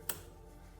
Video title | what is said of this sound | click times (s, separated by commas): 2020-2026 CHEVY BLAZER 2.0L(LSY)- Replace bad Positive Crankcase Ventilation (PCV) Valve | Grab this hose, slide it back on. You listen for the click. | 0.1 s